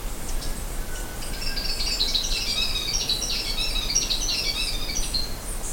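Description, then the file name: Bird calls: a dense, busy chatter of high twittering chirps for most, over faint low background noise. "SABIOD 50 bird 2015"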